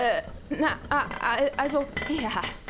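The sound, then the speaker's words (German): Dishes and cutlery clatter and clink in a busy, uneven jumble, with voices speaking over the scraping and rattling of crockery. “räumst jetzt das Geschirr auf, fegst hier durch und dann geht es zurück an die Arbeit.”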